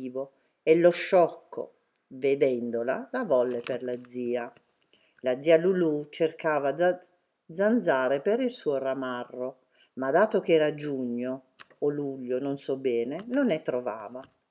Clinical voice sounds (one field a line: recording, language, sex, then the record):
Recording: read passage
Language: Italian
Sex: female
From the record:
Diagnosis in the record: healthy control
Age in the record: 69 years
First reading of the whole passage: 64 s, 7.9 characters per second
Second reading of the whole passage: 54 s, 9.5 characters per second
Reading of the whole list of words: 33 s, 8.4 characters per second